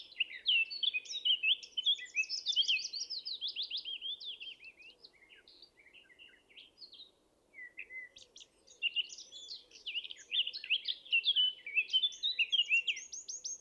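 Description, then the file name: Eurasian blackcap delivering two bursts of loud, rapid warbling song separated by quieter scattered notes, the second burst ending in fast, bright phrases. "Sylvia atricapilla"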